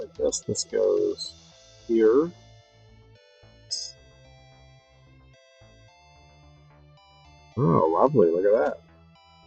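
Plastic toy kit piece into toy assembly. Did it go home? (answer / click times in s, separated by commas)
no / none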